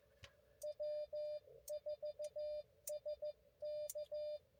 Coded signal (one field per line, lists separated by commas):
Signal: Morse code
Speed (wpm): 15 wpm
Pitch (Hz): 590 Hz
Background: none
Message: W4SK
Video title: 20241220 Five Park POTA Run - Three Outta Five Ain't Bad